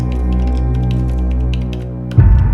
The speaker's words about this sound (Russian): Тамар быстро печатает.